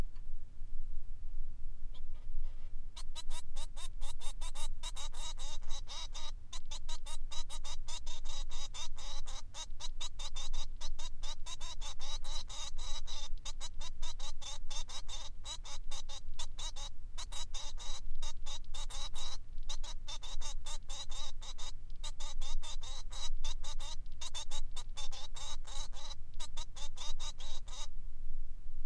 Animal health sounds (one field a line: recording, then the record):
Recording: song of a male Bengalese finch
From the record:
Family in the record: son of father 3